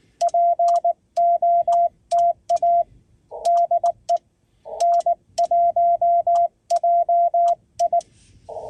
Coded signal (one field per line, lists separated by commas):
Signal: Morse code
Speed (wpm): 19 wpm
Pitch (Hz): 690 Hz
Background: none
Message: POTA DE N1JI